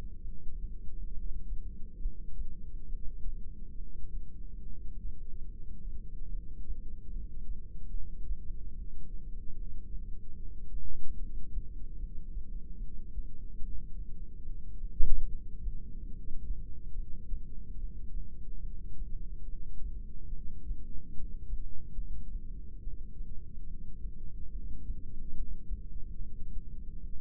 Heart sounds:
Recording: heart sounds by microphone in the right ear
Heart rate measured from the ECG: 72 bpm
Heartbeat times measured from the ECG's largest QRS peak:
0.21 s: heartbeat
1.10 s: heartbeat
1.98 s: heartbeat
2.86 s: heartbeat
3.74 s: heartbeat
4.61 s: heartbeat
5.45 s: heartbeat
6.28 s: heartbeat
7.09 s: heartbeat
7.89 s: heartbeat
8.71 s: heartbeat
9.52 s: heartbeat
10.34 s: heartbeat
11.16 s: heartbeat
11.96 s: heartbeat
12.77 s: heartbeat
13.59 s: heartbeat
14.42 s: heartbeat
15.25 s: heartbeat
16.09 s: heartbeat
16.91 s: heartbeat
17.75 s: heartbeat
18.59 s: heartbeat
19.44 s: heartbeat
20.28 s: heartbeat
21.11 s: heartbeat
21.94 s: heartbeat
22.78 s: heartbeat
23.62 s: heartbeat
24.48 s: heartbeat
25.32 s: heartbeat
26.15 s: heartbeat
27.00 s: heartbeat
From the record:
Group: heart failure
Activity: rest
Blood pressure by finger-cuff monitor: 111/80 mmHg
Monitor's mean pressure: 93 mmHg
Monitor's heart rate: 71 bpm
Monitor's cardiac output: 7 L/min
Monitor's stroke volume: 97 mL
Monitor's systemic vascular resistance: 980 dyn s/cm5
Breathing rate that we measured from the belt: 13 breaths a minute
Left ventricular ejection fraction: 25%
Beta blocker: metoprolol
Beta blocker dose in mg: 62.5 twice daily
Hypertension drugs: ramipril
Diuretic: furosemide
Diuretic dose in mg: 40 twice daily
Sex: male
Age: 57 years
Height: 180 cm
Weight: 90.5 kg

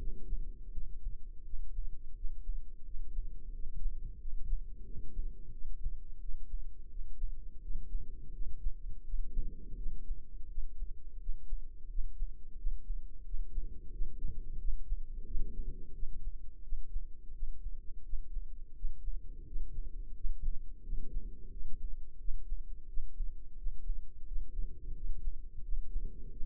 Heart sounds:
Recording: heart sounds by microphone in the left ear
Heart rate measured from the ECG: 87 bpm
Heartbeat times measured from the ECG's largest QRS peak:
0.69 s: heartbeat
1.42 s: heartbeat
2.13 s: heartbeat
2.82 s: heartbeat
3.50 s: heartbeat
4.17 s: heartbeat
4.82 s: heartbeat
5.49 s: heartbeat
6.17 s: heartbeat
6.87 s: heartbeat
7.59 s: heartbeat
8.30 s: heartbeat
9.03 s: heartbeat
9.75 s: heartbeat
10.47 s: heartbeat
11.18 s: heartbeat
11.87 s: heartbeat
12.55 s: heartbeat
13.23 s: heartbeat
13.91 s: heartbeat
14.58 s: heartbeat
15.24 s: heartbeat
15.92 s: heartbeat
16.62 s: heartbeat
17.32 s: heartbeat
18.03 s: heartbeat
18.74 s: heartbeat
19.45 s: heartbeat
20.14 s: heartbeat
20.82 s: heartbeat
21.50 s: heartbeat
22.17 s: heartbeat
22.86 s: heartbeat
23.55 s: heartbeat
24.25 s: heartbeat
24.93 s: heartbeat
25.61 s: heartbeat
26.29 s: heartbeat
From the record:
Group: healthy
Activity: rest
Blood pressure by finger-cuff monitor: 121/76 mmHg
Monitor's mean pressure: 90 mmHg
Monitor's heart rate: 87 bpm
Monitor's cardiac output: 6.1 L/min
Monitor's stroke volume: 69 mL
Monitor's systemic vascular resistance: 1080 dyn s/cm5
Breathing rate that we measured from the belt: 11 breaths a minute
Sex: female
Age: 43 years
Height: 160 cm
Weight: 90 kg

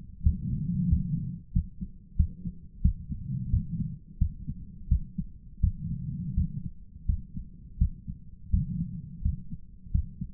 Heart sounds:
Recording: heart sounds by stethoscope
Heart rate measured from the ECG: 87 bpm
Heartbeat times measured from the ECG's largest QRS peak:
0.21 s: heartbeat
0.87 s: heartbeat
1.51 s: heartbeat
2.15 s: heartbeat
2.81 s: heartbeat
3.49 s: heartbeat
4.17 s: heartbeat
4.87 s: heartbeat
5.59 s: heartbeat
6.33 s: heartbeat
7.05 s: heartbeat
7.77 s: heartbeat
8.49 s: heartbeat
9.21 s: heartbeat
9.91 s: heartbeat
From the record:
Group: healthy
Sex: male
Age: 57 years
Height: 188 cm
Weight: 106 kg

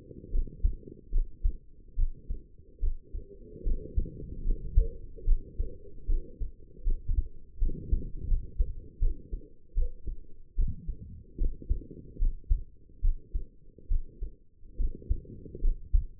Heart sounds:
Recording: heart sounds by stethoscope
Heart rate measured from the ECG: 75 bpm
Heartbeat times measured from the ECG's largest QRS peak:
0.31 s: heartbeat
1.11 s: heartbeat
1.95 s: heartbeat
2.79 s: heartbeat
3.63 s: heartbeat
4.43 s: heartbeat
5.24 s: heartbeat
6.06 s: heartbeat
6.84 s: heartbeat
7.58 s: heartbeat
8.27 s: heartbeat
8.99 s: heartbeat
9.74 s: heartbeat
10.55 s: heartbeat
11.55 s: heartbeat
12.18 s: heartbeat
13.01 s: heartbeat
13.88 s: heartbeat
14.76 s: heartbeat
15.61 s: heartbeat
From the record:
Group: healthy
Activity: rest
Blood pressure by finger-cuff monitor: 107/70 mmHg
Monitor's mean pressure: 82 mmHg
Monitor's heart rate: 73 bpm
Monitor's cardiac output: 5.5 L/min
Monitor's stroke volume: 76 mL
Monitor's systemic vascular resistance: 1050 dyn s/cm5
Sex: female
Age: 22 years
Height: 160 cm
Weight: 45 kg

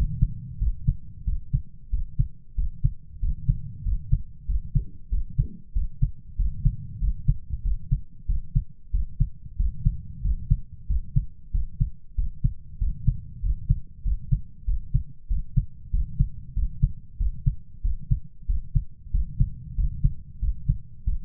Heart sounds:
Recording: heart sounds by stethoscope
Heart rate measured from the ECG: 94 bpm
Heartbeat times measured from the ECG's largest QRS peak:
0.61 s: heartbeat
1.27 s: heartbeat
1.93 s: heartbeat
2.58 s: heartbeat
3.23 s: heartbeat
3.86 s: heartbeat
4.49 s: heartbeat
5.12 s: heartbeat
5.76 s: heartbeat
6.39 s: heartbeat
7.02 s: heartbeat
7.65 s: heartbeat
8.29 s: heartbeat
8.94 s: heartbeat
9.60 s: heartbeat
10.25 s: heartbeat
10.90 s: heartbeat
11.54 s: heartbeat
12.18 s: heartbeat
12.81 s: heartbeat
13.44 s: heartbeat
14.06 s: heartbeat
14.68 s: heartbeat
15.31 s: heartbeat
15.94 s: heartbeat
16.57 s: heartbeat
17.20 s: heartbeat
17.85 s: heartbeat
18.49 s: heartbeat
19.14 s: heartbeat
19.78 s: heartbeat
20.42 s: heartbeat
21.07 s: heartbeat
From the record:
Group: healthy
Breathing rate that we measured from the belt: 18 breaths a minute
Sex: male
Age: 21 years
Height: 175 cm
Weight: 72.6 kg

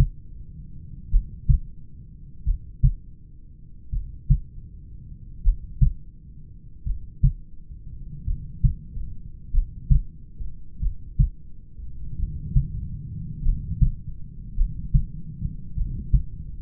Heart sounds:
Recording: heart sounds by stethoscope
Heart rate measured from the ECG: 45 bpm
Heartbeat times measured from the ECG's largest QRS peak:
1.14 s: heartbeat
2.48 s: heartbeat
3.95 s: heartbeat
5.47 s: heartbeat
6.88 s: heartbeat
8.29 s: heartbeat
9.56 s: heartbeat
10.84 s: heartbeat
12.21 s: heartbeat
13.47 s: heartbeat
14.59 s: heartbeat
15.79 s: heartbeat
From the record:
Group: heart failure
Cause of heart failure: familial cardiomyopathy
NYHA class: 1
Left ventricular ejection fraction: 49%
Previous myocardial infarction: absent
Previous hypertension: absent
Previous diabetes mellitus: absent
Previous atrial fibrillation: absent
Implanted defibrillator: absent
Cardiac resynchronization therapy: absent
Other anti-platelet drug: absent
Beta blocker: bisoprolol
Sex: male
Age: 31 years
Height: 194 cm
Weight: 96 kg

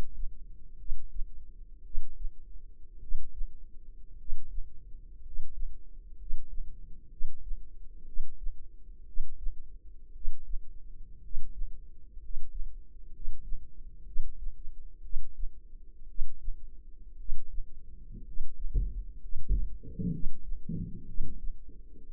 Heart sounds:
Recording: heart sounds by microphone in the left ear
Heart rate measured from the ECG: 59 bpm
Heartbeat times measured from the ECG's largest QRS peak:
0.76 s: heartbeat
1.82 s: heartbeat
2.98 s: heartbeat
4.16 s: heartbeat
5.21 s: heartbeat
6.15 s: heartbeat
7.08 s: heartbeat
8.03 s: heartbeat
9.04 s: heartbeat
10.11 s: heartbeat
11.20 s: heartbeat
12.18 s: heartbeat
13.10 s: heartbeat
14.03 s: heartbeat
15.00 s: heartbeat
16.05 s: heartbeat
17.16 s: heartbeat
18.23 s: heartbeat
19.18 s: heartbeat
20.09 s: heartbeat
21.04 s: heartbeat
22.05 s: heartbeat
From the record:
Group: healthy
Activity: rest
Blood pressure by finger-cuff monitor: 115/61 mmHg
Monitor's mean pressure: 74 mmHg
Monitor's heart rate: 60 bpm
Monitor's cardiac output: 5.2 L/min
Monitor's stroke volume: 87 mL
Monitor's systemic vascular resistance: 1030 dyn s/cm5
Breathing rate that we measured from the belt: 9 breaths a minute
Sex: male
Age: 25 years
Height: 170 cm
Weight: 70.4 kg

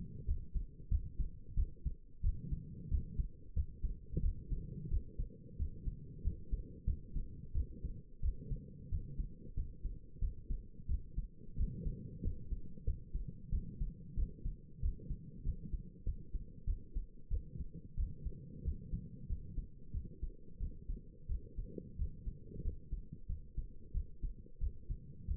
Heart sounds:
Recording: heart sounds by stethoscope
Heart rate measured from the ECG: 91 bpm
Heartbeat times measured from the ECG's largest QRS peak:
0.27 s: heartbeat
0.90 s: heartbeat
1.56 s: heartbeat
2.23 s: heartbeat
2.90 s: heartbeat
3.55 s: heartbeat
4.22 s: heartbeat
4.90 s: heartbeat
5.58 s: heartbeat
6.24 s: heartbeat
6.86 s: heartbeat
7.54 s: heartbeat
8.22 s: heartbeat
8.91 s: heartbeat
9.56 s: heartbeat
10.21 s: heartbeat
10.88 s: heartbeat
11.57 s: heartbeat
12.24 s: heartbeat
12.86 s: heartbeat
13.51 s: heartbeat
14.16 s: heartbeat
14.82 s: heartbeat
15.45 s: heartbeat
16.05 s: heartbeat
16.66 s: heartbeat
17.30 s: heartbeat
17.96 s: heartbeat
18.64 s: heartbeat
19.29 s: heartbeat
19.93 s: heartbeat
20.59 s: heartbeat
21.28 s: heartbeat
21.98 s: heartbeat
22.64 s: heartbeat
23.28 s: heartbeat
23.93 s: heartbeat
24.60 s: heartbeat
25.27 s: heartbeat
From the record:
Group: healthy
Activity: rest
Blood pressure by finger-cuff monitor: 123/79 mmHg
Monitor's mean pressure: 90 mmHg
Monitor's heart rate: 91 bpm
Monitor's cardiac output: 7 L/min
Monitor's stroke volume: 77 mL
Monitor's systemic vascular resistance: 940 dyn s/cm5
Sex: female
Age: 22 years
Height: 163 cm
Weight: 67.1 kg

